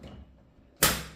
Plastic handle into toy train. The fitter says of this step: Snap it in here.